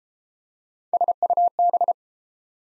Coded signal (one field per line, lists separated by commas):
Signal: Morse code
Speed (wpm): 31 wpm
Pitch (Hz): 700 Hz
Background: none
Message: SUB